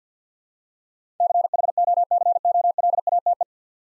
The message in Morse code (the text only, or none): CHOCOLATE